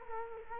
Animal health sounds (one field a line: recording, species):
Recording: mosquito wingbeat signal from an infrared sensor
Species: Culex quinquefasciatus